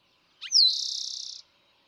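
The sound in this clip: Eastern towhee song: a short introductory note, a sharp descending slur, then a rapid buzzy trill lasting under a second.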